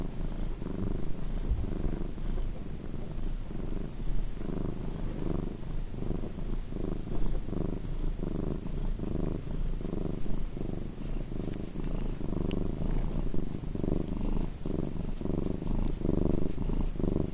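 Cat purring in a constant deep vibrating drone, pulsing with its breathing.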